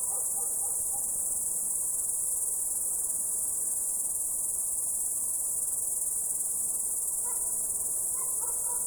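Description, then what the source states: Crickets trilling in a continuous, very high-pitched steady band with no breaks, joined by a few faint lower chirps near the start and end. The recordist's own crickets.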